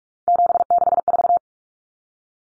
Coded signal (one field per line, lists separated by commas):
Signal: Morse code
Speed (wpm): 44 wpm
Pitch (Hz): 700 Hz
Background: none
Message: 764